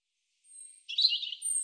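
European robin song fragment: a thin high whistle, then a brief jumbled twittering burst and another high thin note.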